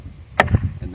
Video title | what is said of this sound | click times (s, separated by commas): 50 Kg Payload Agricultural Drone Intro & Flight | and that locks into place | 0.4 s